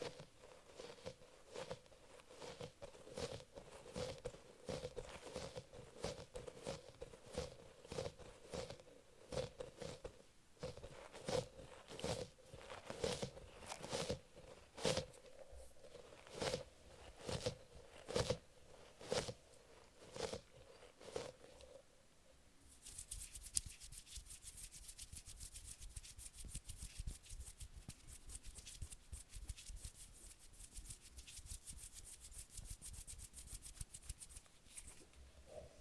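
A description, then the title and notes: Soft brushes rub and tap in quick irregular strokes, then after about 22 seconds switch to a steady, brighter, denser scratchy rustling. Relax with squishy octopus and mermaid brushes...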